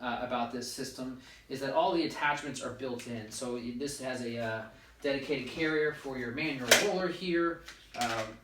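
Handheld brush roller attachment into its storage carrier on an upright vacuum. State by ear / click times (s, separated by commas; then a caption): not seated / none. A manual brush roller attachment is handled next to its dedicated plastic carrier on the side of a Eureka FloorRover upright vacuum while someone talks throughout. Nothing has seated or clicked yet; the clip ends before the attachment snaps into place.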